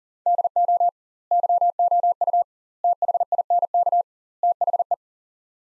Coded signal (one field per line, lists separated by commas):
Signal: Morse code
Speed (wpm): 40 wpm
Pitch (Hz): 700 Hz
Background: none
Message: DO YOU THINK THE